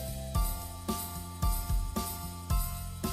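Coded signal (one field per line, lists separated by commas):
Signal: none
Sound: jingle bell chimes in music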